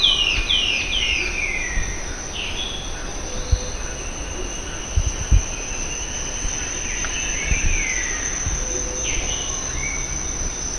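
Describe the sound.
Bird calls: quick falling chirps at the start and again midway, set against rustling background noise and occasional low thumps.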